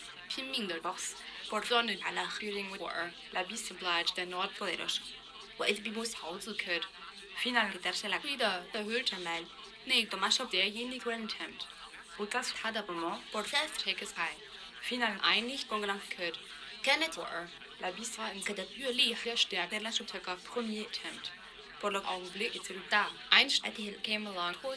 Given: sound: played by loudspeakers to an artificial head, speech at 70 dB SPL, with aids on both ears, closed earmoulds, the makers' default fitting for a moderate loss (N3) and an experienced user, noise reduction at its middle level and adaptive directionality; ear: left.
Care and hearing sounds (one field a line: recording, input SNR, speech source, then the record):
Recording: speech test signal (ISTS) in cocktail-party noise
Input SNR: +9 dB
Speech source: in front (0 degrees)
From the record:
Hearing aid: class 1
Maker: E